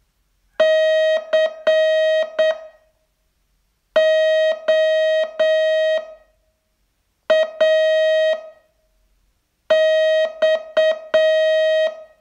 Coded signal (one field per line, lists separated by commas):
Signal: Morse code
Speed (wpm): 8 wpm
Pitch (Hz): 630 Hz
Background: none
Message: COAX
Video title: Learn Morse in 42 Days from VU2LAU - day 28 test